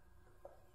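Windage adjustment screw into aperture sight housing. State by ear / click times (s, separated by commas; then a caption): seated / 0.4 s. A windage adjustment screw on a Williams "Fool Proof" FP aperture sight is pressed into the metal sight housing. Against a quiet, steady low hum, a single faint, short pop is heard at 0.5 s as the screw seats into place.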